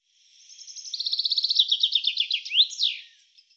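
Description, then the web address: Bird sings a soft high buzz building into a rapid trill of chirps, then a rising note and a loud descending slur to finish; quiet background. "cianscape birddata Deverinetal 2025 Bird Fr Co"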